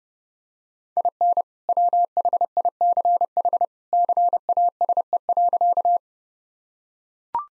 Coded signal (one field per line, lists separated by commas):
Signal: Morse code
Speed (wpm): 30 wpm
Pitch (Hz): 700 Hz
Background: none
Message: IN WHICH CASE.